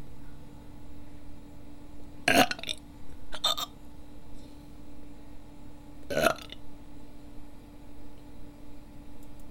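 About three abrupt, sharp gulping bursts a few seconds apart over a low steady hum: involuntary hiccups in an adult.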